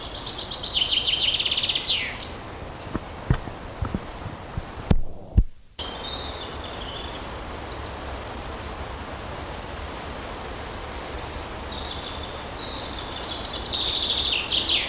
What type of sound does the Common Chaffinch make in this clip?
song